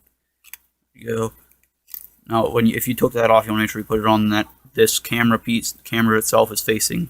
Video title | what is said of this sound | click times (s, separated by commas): Alcatel OneTouch Dis-assembly/Assembly | plug push it in there feel it click in ya know | 0.5 s